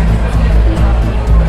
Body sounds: background sound without coughing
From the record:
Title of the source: Party Noise 1 Hour Party Ambience

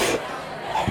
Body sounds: coughing mixed with background sound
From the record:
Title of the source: 61 morning phlegmy cough...again

